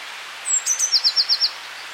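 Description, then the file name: Eurasian blue tit song, one phrase: a very high, thin introductory note, then a rapid trill of about five short notes, over faint background hiss. "Cyanistes caeruleus"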